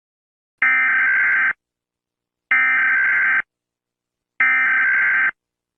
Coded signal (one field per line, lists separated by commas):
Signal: Emergency Alert System (SAME) tones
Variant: header bursts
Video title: The Sinkhole | EAS Scenario |